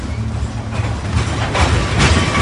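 A moving train with open carriage doors rumbles and clatters steadily on its rails, with low droning wheel noise and bursts of brighter rattling, fairly loud and continuous with no voices.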